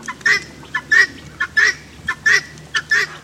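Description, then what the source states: Guinea fowl calls: harsh, grating two-part notes, a short one followed by a longer one, repeated about every two-thirds of a second. Native to Africa; confused with the turkey in 1500s England.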